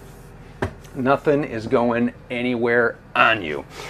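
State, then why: Seated. In the kitchen of a 2023 Thor Aria Class A diesel RV, the pull-out pantry is locked in place and its cabinet door is shut into its frame latch so nothing will move while traveling. A sharp snap is heard at 0.6 s as the door latches shut, followed by someone talking.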